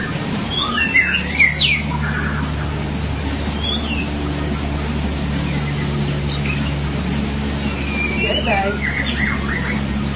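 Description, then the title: Magpie-robin or shama delivering scattered bursts of twisting whistles and chirps with long quieter gaps between them, over a persistent low hum. "BM Suara Burung Murai"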